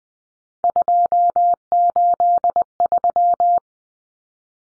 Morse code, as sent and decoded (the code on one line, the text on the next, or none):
..--- ---.. ...--
283